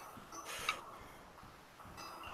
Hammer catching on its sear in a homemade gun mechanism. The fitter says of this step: so the hammer comes back locks in place